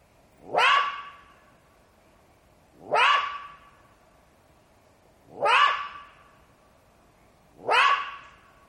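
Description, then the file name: Jackal calling in a regular series: four harsh, rising yelps, each ending in a drawn-out ringing note, spaced roughly every two and a half seconds. "zvuki shakala"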